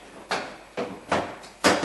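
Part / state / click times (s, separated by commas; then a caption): plastic front bumper cover into side mounting bracket / seated / 0.3 s. A plastic front bumper cover on a 2003-2009 Mazda 3 is lifted back into position and pushed into its side mounting bracket. It snaps in with a sharp click at 0.3 s, followed by three more broadband knocks at about 0.8, 1.1 and 1.7 s. The cover is seated on that side.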